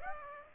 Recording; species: mosquito wingbeat signal from an infrared sensor; Aedes aegypti